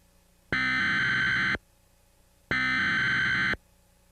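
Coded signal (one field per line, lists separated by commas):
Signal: Emergency Alert System (SAME) tones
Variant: header bursts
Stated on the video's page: Fictional EAS broadcast scenario.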